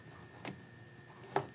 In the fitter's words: make sure when you put the hopper in that you're going to hear a click